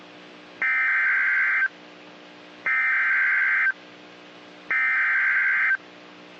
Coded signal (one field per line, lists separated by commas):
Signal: Emergency Alert System (SAME) tones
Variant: header bursts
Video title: EAS - PDS severe thunderstorm Warning for Johnson county, TX (Destructive tornadoes possible!!)